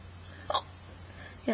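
Two sharp, abrupt hiccups about a second apart, each a brief sudden catch of breath with a quick voiced click, from an adult. A low steady hum runs underneath. Ordinary hiccups: involuntary spasms of the diaphragm that snap the vocal cords shut.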